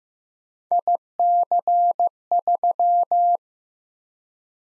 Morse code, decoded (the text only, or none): IC3